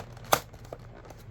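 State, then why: Partly seated. A plastic access door is pressed one-handed into the bottom case of a 10-year-old Samsung RV711 laptop, giving a sharp snap at 0.3 s and a fainter tick near 0.7 s. The door is only partly seated, with some tabs not going fully home because it cannot quite be fitted one-handed.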